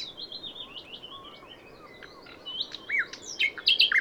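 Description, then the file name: Common nightingale singing soft whistled notes that build to louder, sharper chirps and short trills in the last second. "Luscinia megarhynchos"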